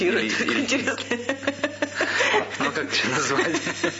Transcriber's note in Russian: Смеется